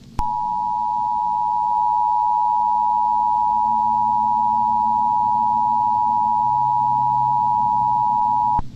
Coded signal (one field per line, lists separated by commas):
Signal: Emergency Alert System (SAME) tones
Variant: 853 and 960 Hz attention tone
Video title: EAS Scenario - Unidentified creature (Analog Horror)